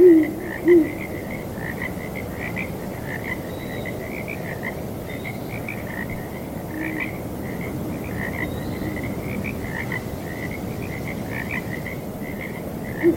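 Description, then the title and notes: Steady chorus of frogs croaking in quick pulsed bursts, with a few short hoots at the start and end and windy noise throughout. Frogs with owls hooting on a breezy night. "Owls Hooting and Frogs on Breezy Night. Sleep and Relaxation Podcast"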